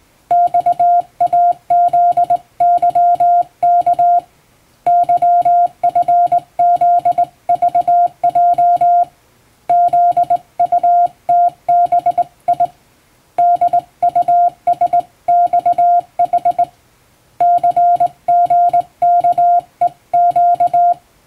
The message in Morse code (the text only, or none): XAZYK YFZVJ ZUTBI DUSXH CGKEQ